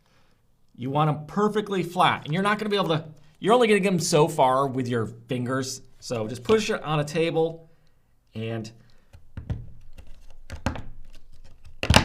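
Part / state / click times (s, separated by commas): plastic hanger piece pressed into hanger base / seated / 10.7 s, 11.8 s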